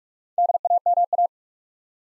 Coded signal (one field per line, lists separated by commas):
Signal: Morse code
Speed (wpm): 44 wpm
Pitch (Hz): 700 Hz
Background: none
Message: DAMA